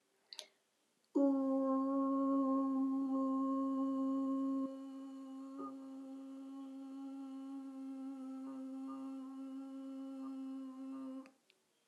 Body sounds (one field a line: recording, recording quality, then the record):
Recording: sustained vowel as in boot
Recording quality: excellent, no background noise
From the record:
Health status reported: healthy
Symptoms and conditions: none ticked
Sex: female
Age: 36 years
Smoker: not ticked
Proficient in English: yes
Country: United States